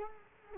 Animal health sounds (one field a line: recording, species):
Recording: mosquito wingbeat signal from an infrared sensor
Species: Culex quinquefasciatus